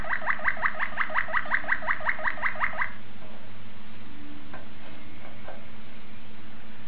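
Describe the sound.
Domestic canary song: one steady rapid trill of repeated chirps lasting about three seconds, then near quiet with faint notes.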